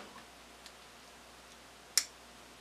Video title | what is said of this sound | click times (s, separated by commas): Jeep CJ7 Engine Bay Light Restoration | that it locks into place where it nicely like this okay | 2.0 s